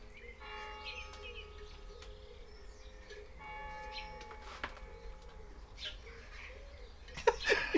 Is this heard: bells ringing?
yes